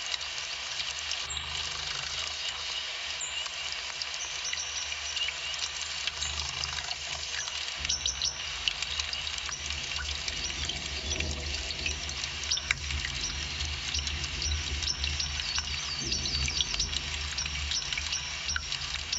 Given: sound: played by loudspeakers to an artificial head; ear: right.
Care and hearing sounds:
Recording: nature sounds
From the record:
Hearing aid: class 1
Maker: A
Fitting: closed earmoulds, the maker's default for a moderate loss (N3)

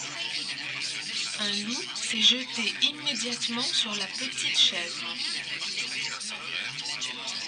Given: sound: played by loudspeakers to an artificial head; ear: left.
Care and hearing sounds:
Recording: speech in noise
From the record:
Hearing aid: class 2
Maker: A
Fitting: closed earmoulds, the maker's default for a moderate loss (N3)

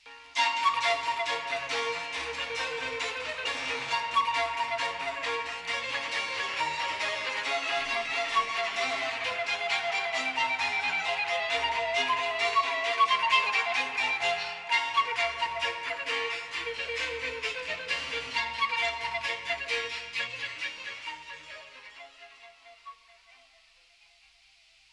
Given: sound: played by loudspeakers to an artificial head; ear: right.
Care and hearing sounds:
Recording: music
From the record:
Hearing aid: class 1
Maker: E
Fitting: closed earmoulds, the maker's default for a moderate loss (N3)

